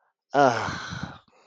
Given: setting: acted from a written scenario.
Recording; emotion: vocal sound without words; ecstasy